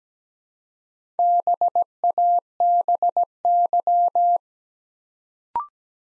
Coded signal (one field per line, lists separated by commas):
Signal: Morse code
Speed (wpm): 17 wpm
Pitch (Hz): 700 Hz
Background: none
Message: BABY